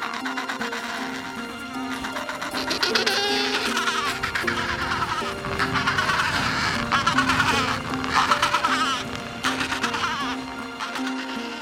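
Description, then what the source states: Penguins calling, rough throaty brays swelling and fading in waves, with a steady hum throughout. Adélie penguins nesting with some gentoo penguin nests at Brown Bluff, Antarctica.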